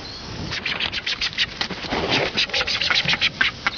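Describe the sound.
Brown booby calls, a rapid run of rough, buzzy pulsed notes in uneven clusters, with steady background hiss.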